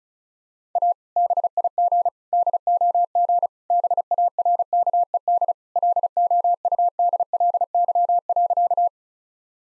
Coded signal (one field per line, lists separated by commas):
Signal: Morse code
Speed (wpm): 34 wpm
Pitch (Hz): 700 Hz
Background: none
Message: A BIG DOG BARKED LOUDLY.